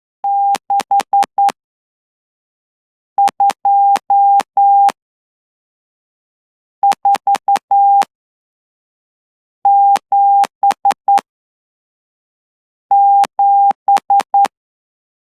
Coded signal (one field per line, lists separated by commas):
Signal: Morse code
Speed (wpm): 10 wpm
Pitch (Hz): 800 Hz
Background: none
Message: 62477